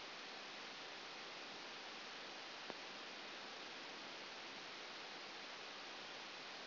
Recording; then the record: brain microelectrode recording played as sound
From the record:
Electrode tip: outside the subthalamic nucleus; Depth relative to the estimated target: -4 mm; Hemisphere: left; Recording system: AlphaMap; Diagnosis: Parkinson's disease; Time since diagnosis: 11 years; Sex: female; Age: 60 years